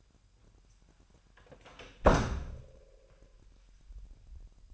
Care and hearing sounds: daily activity, microphone in the room; close door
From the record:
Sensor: 2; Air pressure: 998.3 hPa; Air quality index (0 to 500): 136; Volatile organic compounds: 4 ppm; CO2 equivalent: 1540 ppm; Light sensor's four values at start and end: 12/36/14/14 and 12/36/14/14

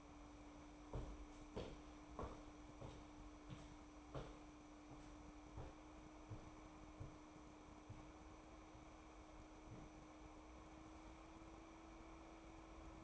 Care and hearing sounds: daily activity, microphone in the room; walk to room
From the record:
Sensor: 1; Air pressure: 988.2 hPa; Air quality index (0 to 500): 194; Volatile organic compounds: 861 ppm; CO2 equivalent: 5178 ppm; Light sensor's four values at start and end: 26/96/36/38 and 27/98/37/39

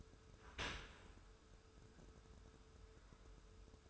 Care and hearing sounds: daily activity, microphone in the room; open dishwasher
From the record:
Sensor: 2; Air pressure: 1014.8 hPa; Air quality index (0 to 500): 26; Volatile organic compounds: 1 ppm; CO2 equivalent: 506 ppm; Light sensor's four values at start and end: 10/23/9/10 and 10/23/9/10

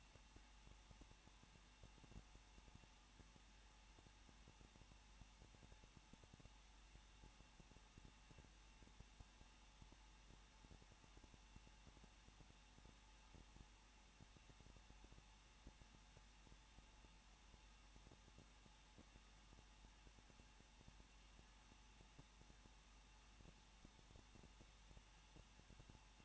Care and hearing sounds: daily activity, microphone in the room; no activity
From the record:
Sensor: 1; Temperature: 20.1 degrees Celsius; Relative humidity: 39.1%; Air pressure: 1006.5 hPa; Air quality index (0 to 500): 216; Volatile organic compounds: 72 ppm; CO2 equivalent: 3540 ppm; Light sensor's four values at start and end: 1/2/1/1 and 1/2/1/1

